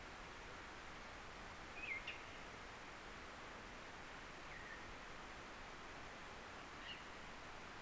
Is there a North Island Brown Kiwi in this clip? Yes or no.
no